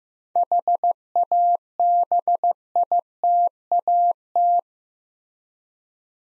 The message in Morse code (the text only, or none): HABITAT